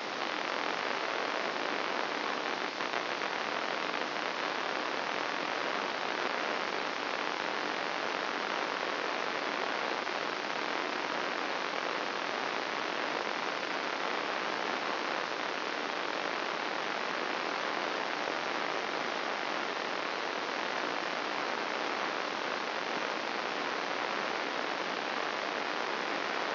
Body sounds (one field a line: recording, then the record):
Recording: brain microelectrode recording played as sound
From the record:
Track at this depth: inside the subthalamic nucleus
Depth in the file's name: 3.167 mm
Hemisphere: left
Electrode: 3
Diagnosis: Parkinson's disease